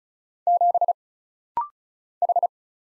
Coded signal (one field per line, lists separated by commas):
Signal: Morse code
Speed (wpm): 36 wpm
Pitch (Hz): 700 Hz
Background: none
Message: 7 H